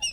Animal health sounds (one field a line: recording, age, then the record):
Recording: pig call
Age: piglet (1 to 25 days)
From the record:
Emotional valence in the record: negative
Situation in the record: long isolation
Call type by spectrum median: high-frequency call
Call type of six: low-frequency tonal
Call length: 0.12 s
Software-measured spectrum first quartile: 2787 Hz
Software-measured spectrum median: 4089 Hz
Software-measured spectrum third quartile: 5884 Hz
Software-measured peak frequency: 2865 Hz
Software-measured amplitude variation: 125 dB a second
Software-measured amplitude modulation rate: 4.0 a second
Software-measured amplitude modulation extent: 31.3 dB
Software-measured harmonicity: 19.4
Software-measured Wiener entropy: -4.81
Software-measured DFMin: 668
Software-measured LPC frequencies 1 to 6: 794, 2668, 2859, 3609, 5318, 5739 Hz